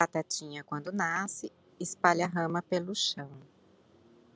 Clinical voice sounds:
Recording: short text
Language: Brazilian Portuguese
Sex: female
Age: 40 to 49 years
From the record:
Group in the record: control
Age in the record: 48 years

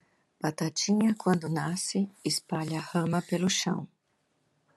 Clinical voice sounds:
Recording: short text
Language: Brazilian Portuguese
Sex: female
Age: 50 to 59 years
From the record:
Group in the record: control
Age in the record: 56 years

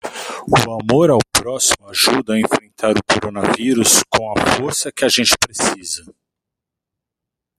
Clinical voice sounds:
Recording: spoken sentence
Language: Brazilian Portuguese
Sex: male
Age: 40 to 49 years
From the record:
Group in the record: control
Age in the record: 48 years

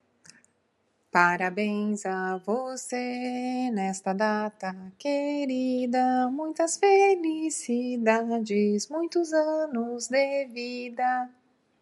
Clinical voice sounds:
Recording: short text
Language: Brazilian Portuguese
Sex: female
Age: 40 to 49 years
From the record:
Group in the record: control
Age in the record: 42 years

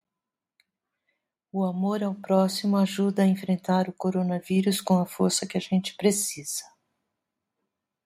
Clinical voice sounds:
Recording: spoken sentence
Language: Brazilian Portuguese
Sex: female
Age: 60 to 69 years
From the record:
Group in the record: control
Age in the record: 66 years

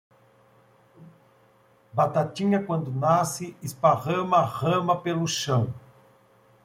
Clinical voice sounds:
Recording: short text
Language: Brazilian Portuguese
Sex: male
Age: 50 to 59 years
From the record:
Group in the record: control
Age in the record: 57 years

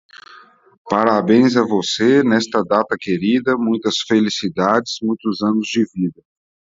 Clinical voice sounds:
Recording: short text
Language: Brazilian Portuguese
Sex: male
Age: 30 to 39 years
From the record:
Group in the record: control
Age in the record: 38 years

